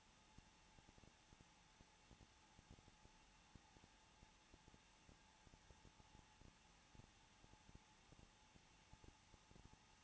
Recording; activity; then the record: daily activity, microphone in the room; no activity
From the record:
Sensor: 1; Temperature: 20.2 degrees Celsius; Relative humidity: 35.7%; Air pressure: 994.5 hPa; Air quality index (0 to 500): 182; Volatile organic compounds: 7 ppm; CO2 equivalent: 1999 ppm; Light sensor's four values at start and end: 1/2/1/1 and 1/2/1/1